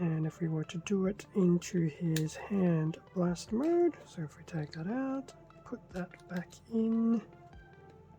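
Someone talks while a plastic blaster accessory is taken out of the hand of a Transformers Legacy Deluxe Class Cosmos action figure and pushed back into the plastic hand peg to switch to blast mode. Nothing has seated or clicked into place yet by the end.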